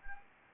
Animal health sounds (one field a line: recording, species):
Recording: mosquito wingbeat signal from an infrared sensor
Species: Anopheles gambiae